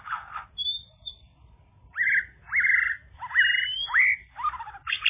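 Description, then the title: Java sparrow giving a series of rising, upslurred notes about once every half second, with a thin high whistle early on. "kicau gelatik"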